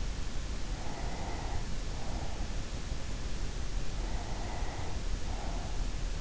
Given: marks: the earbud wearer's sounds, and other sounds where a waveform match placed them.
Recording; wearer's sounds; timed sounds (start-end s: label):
sounds in sleep by an in-ear microphone; breath
0.51-2.68 s: breath
4.02-6.02 s: breath